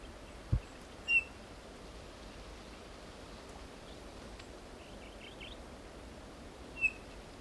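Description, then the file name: Eurasian bullfinch giving two short, soft whistled notes about six seconds apart over steady background hiss, with a few faint chirps between them. "Pyrrhula pyrrhula"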